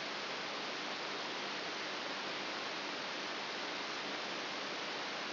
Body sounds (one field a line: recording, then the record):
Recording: brain microelectrode recording played as sound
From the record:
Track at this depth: inside the subthalamic nucleus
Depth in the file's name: 5.101 mm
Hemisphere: left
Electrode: 3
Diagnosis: Parkinson's disease